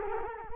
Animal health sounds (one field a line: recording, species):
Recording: mosquito wingbeat signal from an infrared sensor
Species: Culex quinquefasciatus